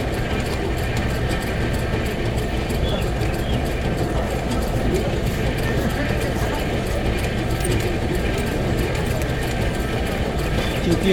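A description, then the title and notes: A food prep machine runs at a park entrance with a steady, dense low rumble and whir, overlaid by a constant murmur of voices. Park entrance. Food prep machine.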